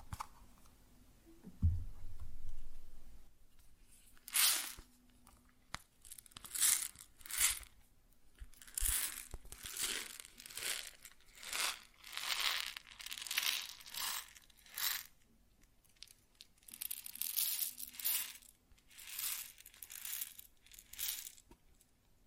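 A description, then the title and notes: Grain sounds: after a quiet opening with a low thump near two seconds, bursts of pouring, rustling grain start around four seconds and repeat irregularly, each lasting a second or two. The bursts are bright and gritty, with a faint steady low hum underneath. ASMR Grain Sounds (No Talking).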